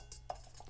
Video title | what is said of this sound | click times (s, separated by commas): SUTEFOTO P-80RGB LED Light And Several Other Things To Know! | after you hear that click there's no rattling of any kind which | 0.3 s